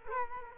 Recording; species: mosquito wingbeat signal from an infrared sensor; Culex quinquefasciatus